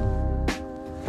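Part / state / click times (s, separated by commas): timing locking tool into the engine's camshaft/crank locating point / not seated / none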